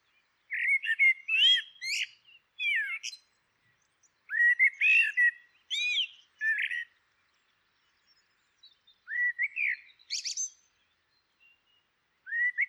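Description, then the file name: Common blackbird singing rich whistled phrases with warbling low notes and thin high squeaks at the ends, phrases spaced a few seconds apart in silence. "Turdus merula"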